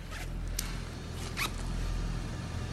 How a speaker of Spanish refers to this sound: Te baja la cremallera.